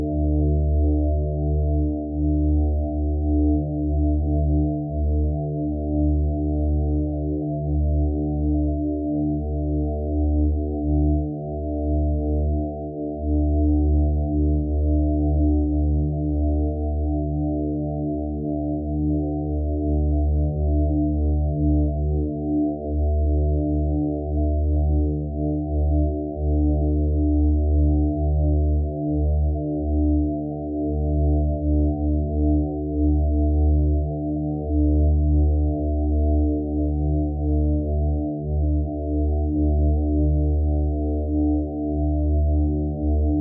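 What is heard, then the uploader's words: A hypnotic sustained tone drones without pause for the whole clip, low and full, with a stack of steady ringing overtones like a struck bowl held indefinitely. Nothing above the low-mid range sounds, and the level stays even, with only slight wavering in the deepest layer. Thirty Minute Drone. Hypnotic sustained tone.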